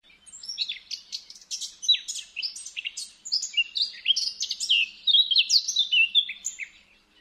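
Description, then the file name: Eurasian blackcap singing a rapid, chattering warble of mixed squeaky and fluty notes, continuous and lively throughout with no other sounds. "Sylvia atricapilla"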